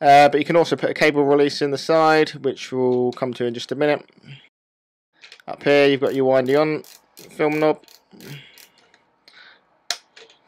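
Someone talks while pressing the plastic wind-on film knob on top of a Holga Wide Pinhole 120 film camera down to release the back for opening. The knob clicks down sharply at 9.9 s, and the back is released.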